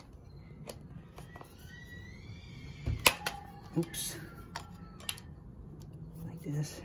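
The plastic clip of a Tannus airless tire is pushed down into the tire insert on a Brompton folding bike rim after a fumbled attempt, with scattered handling taps and rustles over a low hum while someone talks. Nothing has seated or clicked yet.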